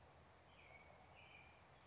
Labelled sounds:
Chestnut-backed Chickadee (Poecile rufescens)
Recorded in Sonoma County, California

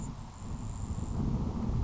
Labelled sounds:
Grasshopper Sparrow (Ammodramus savannarum)
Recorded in Sonoma County, California

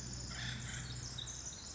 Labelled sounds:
Pacific Wren (Troglodytes pacificus)
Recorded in Sonoma County, California

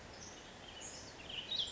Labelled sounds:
Ash-throated Flycatcher (Myiarchus cinerascens)
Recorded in Sonoma County, California

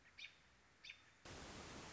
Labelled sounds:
American Robin (Turdus migratorius)
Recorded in Sonoma County, California

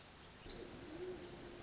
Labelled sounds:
Black-throated Gray Warbler (Setophaga nigrescens)
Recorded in Sonoma County, California

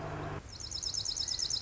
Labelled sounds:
Dark-eyed Junco (Junco hyemalis)
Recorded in Sonoma County, California

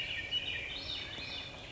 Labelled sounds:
Swainson's Thrush (Catharus ustulatus)
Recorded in Sonoma County, California

